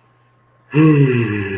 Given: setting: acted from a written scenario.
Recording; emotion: vocal sound without words; serenity